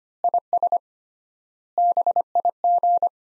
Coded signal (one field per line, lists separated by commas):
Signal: Morse code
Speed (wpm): 25 wpm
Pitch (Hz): 700 Hz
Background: none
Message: IS BIG